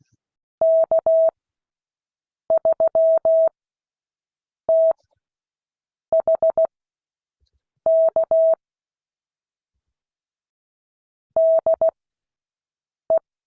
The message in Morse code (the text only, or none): K3THK DE